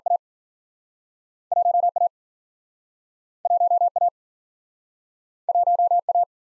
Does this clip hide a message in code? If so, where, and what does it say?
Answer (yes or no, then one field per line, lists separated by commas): yes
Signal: Morse code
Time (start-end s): 0.1-6.2 s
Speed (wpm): 53 wpm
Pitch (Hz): 700 Hz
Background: none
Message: A 1 A 1 A 1 A